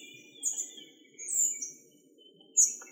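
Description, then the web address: Spotted flycatcher giving high, thin squeaky call notes, three brief sharp bursts over a few seconds, with faint softer chirps lower down. "Muscicapa striata"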